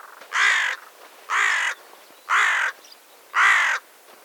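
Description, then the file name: Carrion crow cawing: four harsh, hoarse caws, evenly spaced about one second apart, with quiet gaps between. "Corvus corone"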